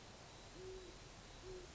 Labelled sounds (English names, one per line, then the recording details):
Great Horned Owl
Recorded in Sonoma County, California